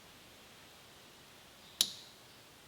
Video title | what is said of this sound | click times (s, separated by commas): Tacoma speaker upgrade and install - My system has a little kick now!! | you could hear the snap perfect | 1.8 s